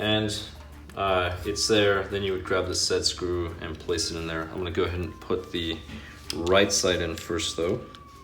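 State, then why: Not seated. During a Tamiya Mini M08 (M-08) mid-motor, rear-wheel-drive RC car chassis build, the right-side plastic chassis part is handled toward its mount in the chassis while someone talks throughout. No clear handling sounds stand out under the voice, and the part has not snapped into place yet.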